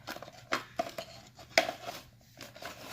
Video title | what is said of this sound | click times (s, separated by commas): Convert dead NiCd 18v to run lithium LiIon packs | it still snaps into place just like it's the original. | 1.6 s